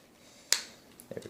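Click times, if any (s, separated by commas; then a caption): 0.5 s. Two plastic panels of a Studio Series 35 Jetfire transforming figure are pushed together during transformation and, after a short struggle, snap together with a sharp click at 0.5 s. A few fainter plastic taps follow between 1.0 and 1.2 s, and the panels are seated.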